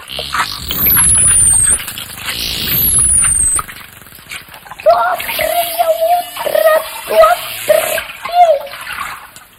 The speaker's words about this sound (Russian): Ой! Ты удивлен? Это дельфины меня приветствуют.